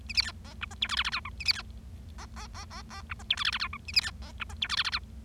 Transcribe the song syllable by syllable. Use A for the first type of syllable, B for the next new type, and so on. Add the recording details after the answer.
A B C D E F G H I I J K A B C D D D D D E F G H I I J K A B C D E F G H I I J. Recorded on 25 March 2012 at 11:19. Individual gy6or6